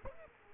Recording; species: mosquito wingbeat signal from an infrared sensor; Aedes aegypti